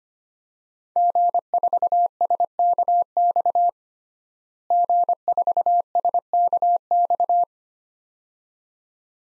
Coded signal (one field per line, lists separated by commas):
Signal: Morse code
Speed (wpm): 25 wpm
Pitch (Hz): 700 Hz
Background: none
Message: G4SKX G4SKX